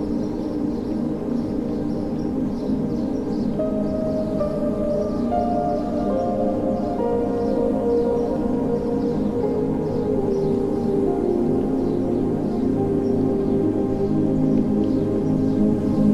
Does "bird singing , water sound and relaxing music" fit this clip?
yes